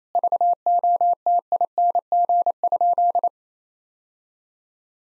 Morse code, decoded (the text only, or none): VOTING?